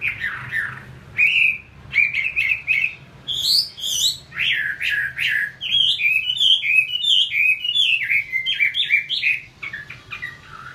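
Chinese hwamei singing a rich run of whistled, looping notes, mixed with harsher chirps, phrases repeated quickly for about ten seconds.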